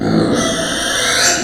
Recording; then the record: squeal of a Yucatan mini pig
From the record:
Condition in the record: before surgery on the right vocal fold (resection and tissue-engineered implant); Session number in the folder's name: 3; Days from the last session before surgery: 0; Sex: female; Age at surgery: 19 weeks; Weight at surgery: 25 kg